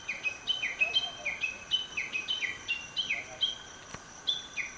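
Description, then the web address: Japanese bush warbler calling: quick, high, downward-slurred notes repeated in a steady stream, with constant faint hiss behind. "keitozan. uguisu"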